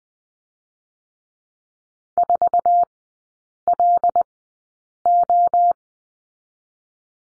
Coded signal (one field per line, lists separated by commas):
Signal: Morse code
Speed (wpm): 20 wpm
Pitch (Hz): 700 Hz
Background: none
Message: 4LO